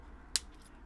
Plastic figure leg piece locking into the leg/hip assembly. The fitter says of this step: and you'll hear a lock